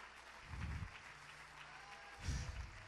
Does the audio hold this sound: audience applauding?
yes